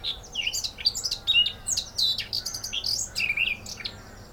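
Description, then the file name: Eurasian blackcap warble of quick rising and falling whistles mixed with harsher chattering notes. "Sylvia atricapilla"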